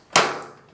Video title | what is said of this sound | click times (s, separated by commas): Converting a Fluorescent Fixture to LED Direct Wire | then just twist it into place until you hear the click | 0.2 s